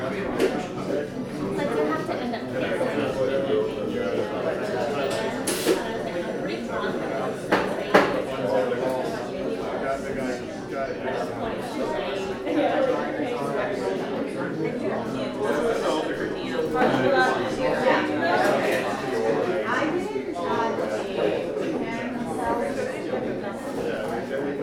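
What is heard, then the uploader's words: A crowded coffee shop hums with dense, overlapping chatter from many voices, steady throughout, with occasional sharp clinks and knocks around five and eight seconds. Captured in a recently opened trendy coffee shop in a large city. The shop is full of young people, with standing room only.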